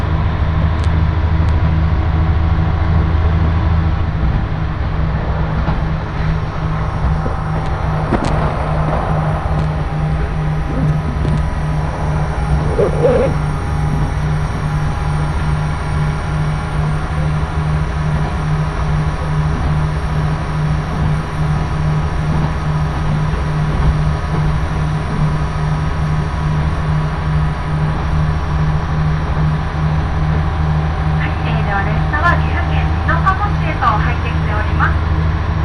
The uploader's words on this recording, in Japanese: 耳で楽しむ鉄道旅 長良川鉄道 ながら２号 美濃市→美濃太田。